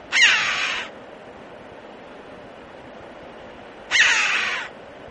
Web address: red-billed chough